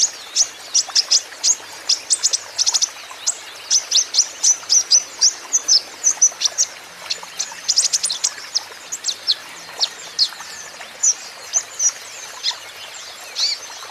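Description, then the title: Van Hasselt's sunbird song: long, steady stream of high, sharp chirps and quick twitters, with a faint hiss behind. Green-plumaged (ijoan) konin singing steadily and constantly (gacor), used as a lure and therapy for untrained konin, which are sure to answer. "KOLIBRI NINJA KONIN IJOAN GACOR COCOK UNTUK PANCINGAN TERAPI KONIN BAHAN PASTI NYAUT"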